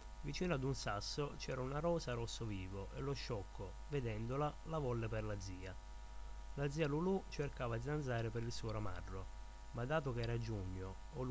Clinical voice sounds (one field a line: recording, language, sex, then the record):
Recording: read passage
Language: Italian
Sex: male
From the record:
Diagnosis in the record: healthy control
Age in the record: 21 years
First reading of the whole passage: 51 s, 10.2 characters per second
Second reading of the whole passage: 47 s, 11.0 characters per second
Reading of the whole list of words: 60 s, 4.7 characters per second